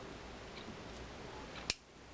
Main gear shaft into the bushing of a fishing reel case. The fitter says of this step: you just heard that click that click is because there's a little shoulder on that